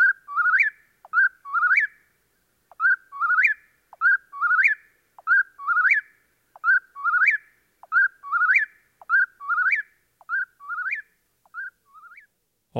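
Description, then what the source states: Eastern Whip-poor-will song: clear whistled phrases, each ending in an upward flourish, repeated over and over for about twelve seconds, with a brief pause early on. Forest-dwelling nightjar of eastern forests; whistled notes heard at dusk as thrush songs fade; active through the night after sleeping by day.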